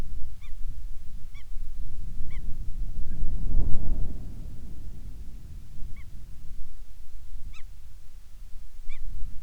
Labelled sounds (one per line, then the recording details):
bird
wind
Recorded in the Prudhoe Bay oil fields, Alaska, on 10 July 2019 at 14:00
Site 14